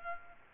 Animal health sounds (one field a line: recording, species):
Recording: mosquito wingbeat signal from an infrared sensor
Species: Culex quinquefasciatus